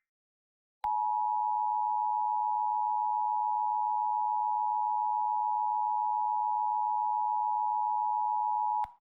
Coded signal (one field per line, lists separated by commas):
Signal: Emergency Alert System (SAME) tones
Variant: 853 and 960 Hz attention tone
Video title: EAS Scenario: Otherworldly Invasion